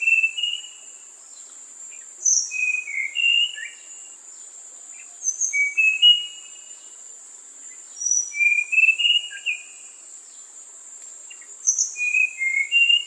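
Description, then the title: Songbird singing short bursts of bright chirps and whistled notes every few seconds, over a constant high-pitched insect drone. Bird song used for training songbirds. "Masteran Burung"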